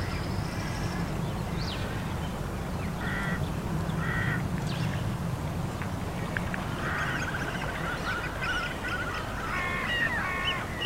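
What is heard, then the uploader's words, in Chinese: Outdoor nature ambience with a steady low rumble beneath, crow-like caws around three and four seconds, and scattered chirping birds later on. 真实录制的大自然白噪音氛围。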